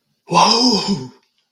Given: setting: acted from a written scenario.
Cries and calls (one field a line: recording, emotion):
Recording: vocal sound without words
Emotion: awe